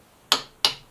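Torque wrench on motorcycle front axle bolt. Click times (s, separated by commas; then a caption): 0.3 s, 0.6 s. A click-type torque wrench tightens the front axle bolt on a motorcycle to 66 ft-lb, clicking sharply at 0.3 s and again at 0.6 s as it reaches its setting. Each click is a short, bright burst that fades quickly against quiet background. The torque setting is confirmed and the axle bolt is good.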